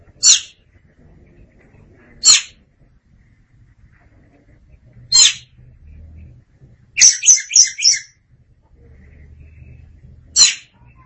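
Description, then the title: Oriental magpie-robin sounding single rasping notes every few seconds, broken once by a rapid buzzy burst of four notes; soft low hum behind. "Suara Kicauan Burung Kacer Durasi Panjang"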